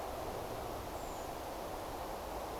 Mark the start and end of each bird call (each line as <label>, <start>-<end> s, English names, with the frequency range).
Redwing (6.4-8.0 kHz), 0.92-1.27 s